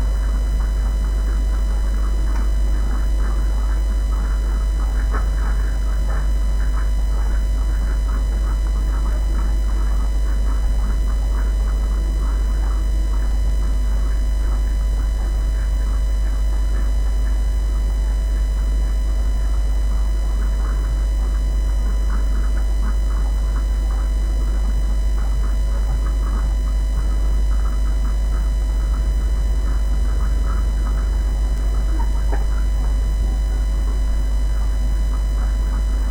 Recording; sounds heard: poultry house recording; sick chickens (respiratory disease)